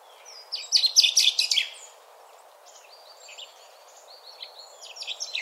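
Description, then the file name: Common chaffinch song, a dense rattling burst of bright notes lasting about a second, followed by thinner whistles and chips. "Fringilla coelebs"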